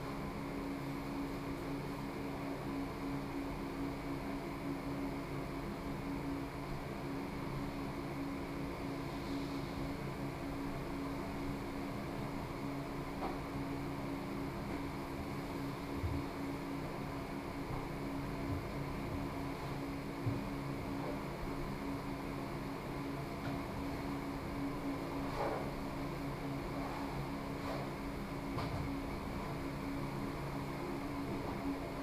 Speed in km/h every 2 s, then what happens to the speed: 1, 1, 1, 1, 1, 1, 1, 1, 1, 1, 2, 2, 2, 2, 2, 2.
0-32 standing.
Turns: none.